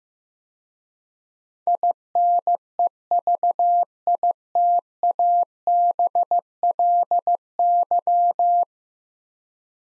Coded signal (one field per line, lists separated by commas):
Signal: Morse code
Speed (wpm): 15 wpm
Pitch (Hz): 700 Hz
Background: none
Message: INEVITABLY